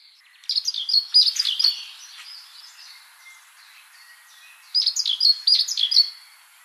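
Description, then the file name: Great tit calls, a dense run of sharp high chirps lasting about a second, softer faint notes in between, then another chirping burst toward the close. "Parus major"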